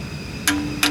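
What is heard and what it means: A click-type torque wrench tightens the aluminium oil drain bolt in the engine oil pan of a Mercedes SL550 (R230) with the 273 engine, pulled down until it clicks at its 30 Nm setting. The sharp click comes at 0.5 s, followed by a second, shorter tick at 0.9 s over a steady low background hum. The wrench reaches its set torque and the drain bolt is tightened.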